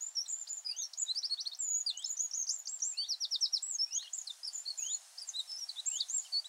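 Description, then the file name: Eurasian wren singing a long, continuous cascade of fast, very high trills and chattering notes that stays loud throughout with only brief breaks. "Troglodytes troglodytes"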